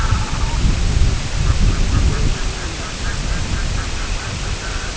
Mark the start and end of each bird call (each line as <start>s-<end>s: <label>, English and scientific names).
0.00s-0.67s: Red-throated Loon (Gavia stellata)
0.00s-4.96s: Semipalmated Sandpiper (Calidris pusilla)
1.29s-4.96s: Red-throated Loon (Gavia stellata)